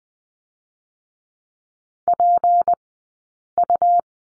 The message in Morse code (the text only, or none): PU